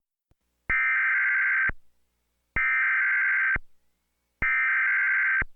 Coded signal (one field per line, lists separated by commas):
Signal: Emergency Alert System (SAME) tones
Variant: header bursts